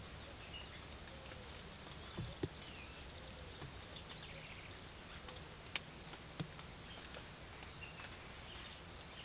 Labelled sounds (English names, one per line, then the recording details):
none
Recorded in pastures near Puerto Asís, Putumayo, Colombia, on 21 March 2025 at 16:00
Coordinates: 0.487, -76.322
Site G077